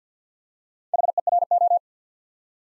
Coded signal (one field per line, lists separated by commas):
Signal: Morse code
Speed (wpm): 48 wpm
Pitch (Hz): 700 Hz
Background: none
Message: HERO